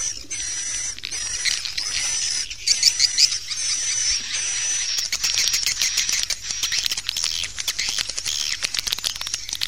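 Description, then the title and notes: Swiftlet twittering calls, dense high chirps over a thin steady whistle-like tone, then rapid dry clicking in the second half. Swiftlet sound used for swiftlet farming in Asia. "Swiflet Bird Sound. Farming Swiflet Bird asia sound"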